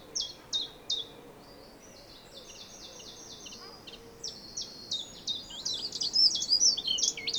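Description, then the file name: European greenfinch giving short high chirps, then a quick tumbling twitter of varied notes growing louder toward the end. "Chloris chloris"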